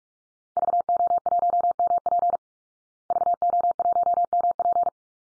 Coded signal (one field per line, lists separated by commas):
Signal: Morse code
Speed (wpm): 44 wpm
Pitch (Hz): 700 Hz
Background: none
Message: VO1MP VO1MP